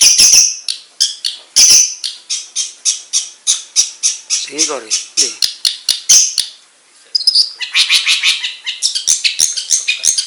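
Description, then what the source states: Long-tailed shrike song: rapid series of harsh, scratchy squawks and chatters, with a brief burst of lower notes midway and a short pause before denser chattering resumes. Banyuwangi and Madura cendet types.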